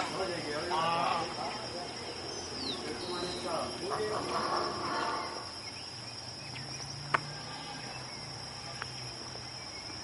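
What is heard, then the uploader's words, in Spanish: Where countryside meets town, a steady high insect trill runs throughout over a busy murmur of voices and activity, with a sharp click near seven seconds. Paisaje Sonoro: Vía de entrada y salida del pueblo - La Merced, Caldas. Paisaje sonoro realizado por: Esteban Hoyos Jaramillo. La entrada al municipio de La Merced. Es un lugar que transcurre entre la naturaleza del campo y la urbe.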